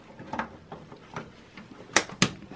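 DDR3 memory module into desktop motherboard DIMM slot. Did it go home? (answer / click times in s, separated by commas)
yes / 2.0 s, 2.2 s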